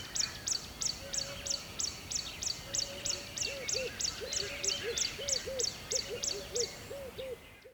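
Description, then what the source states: Bird calling with high, sharp chirps repeated about three times a second in a steady rhythm, joined by low hollow hooting notes and a soft background hum. A single bird recorded by a river at dawn in rainforest.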